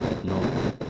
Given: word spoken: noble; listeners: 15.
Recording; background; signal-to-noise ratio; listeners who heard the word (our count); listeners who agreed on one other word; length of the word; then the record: one Spanish word in noise, from a listening test; noise modulated by three-talker babble; -5.2 dB; 1 of 15; 8 of 15; 0.50 s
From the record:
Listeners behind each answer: 8, 1, 1, 1, 1, 1, 1, 1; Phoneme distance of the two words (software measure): 21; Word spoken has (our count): 2 syllables, 5 phonemes, stress on syllable 1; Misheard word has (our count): 1 syllable, 2 phonemes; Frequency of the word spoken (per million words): 19.56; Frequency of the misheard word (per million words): 9606.18